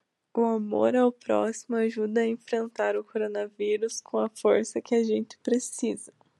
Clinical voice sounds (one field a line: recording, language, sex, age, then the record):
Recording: spoken sentence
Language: Brazilian Portuguese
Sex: female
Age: 20 to 29 years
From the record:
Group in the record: control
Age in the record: 23 years